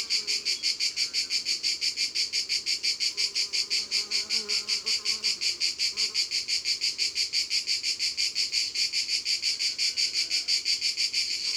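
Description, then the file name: Cicada song, a loud high buzzing pulsed about three times a second in a steady rhythm, with faint low sounds beneath. Cicadas recorded at Ribes, Ardèche, France, as part of a sound-ambience collection by Studio Les Trois Becs. "Cigales-Ribes-Ambiances-Sonores-d Ardeche-Studio-Les-Trois-Becs"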